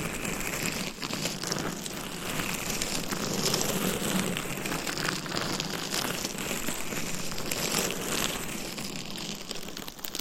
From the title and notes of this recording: ASMR Binaural Dummy Head Mic Scratching on DIY Mic Cover. Asmr No Talking.